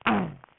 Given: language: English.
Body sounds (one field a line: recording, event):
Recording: throat vibration sensor signal played as sound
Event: throat clearing